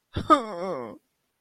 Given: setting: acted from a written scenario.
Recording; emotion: vocal sound without words; sadness